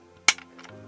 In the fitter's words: c'est rentré voilà ses clips